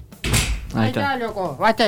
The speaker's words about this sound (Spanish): Pero no la escuché. Ah, ¿por qué tengo que cerrar yo la puerta, loco?